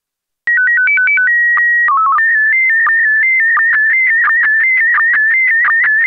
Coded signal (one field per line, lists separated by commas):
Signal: SSTV (slow-scan television)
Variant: PD 90